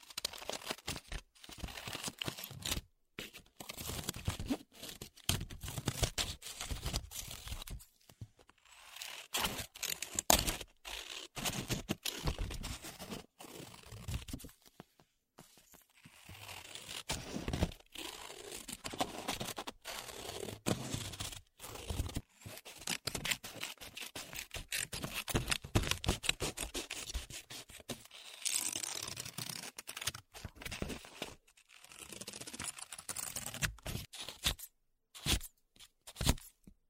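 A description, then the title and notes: Paper being cut, with bursts of crisp snipping and rustling broken by brief silences. The crackly sound is bright, irregular in pace, with short pauses near the start, middle and end as the paper is handled. 剪紙張｜Cutting Paper.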